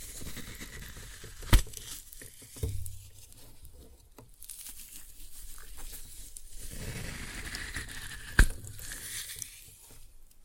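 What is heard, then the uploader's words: Floral foam being crushed, with soft crumbly patter and crackle running through most of the ten seconds. Two sharp snaps stand out, near 1.5 and 8.4 seconds, and a low thud comes around 2.7 seconds. Between them the crunching rises and falls in density. Floral Foam Glitter Bomb Crushing.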